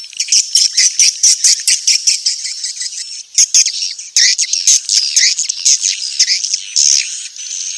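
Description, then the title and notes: Swiftlet calling, with high, fast chattering chirps in repeated bursts and a short lull near the middle before the dense twittering resumes. Call used for swiftlet farming in Asia. "Swiflet Bird Sound. Farming Swiflet Bird asia sound"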